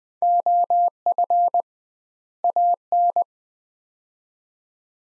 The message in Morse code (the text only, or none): OF AN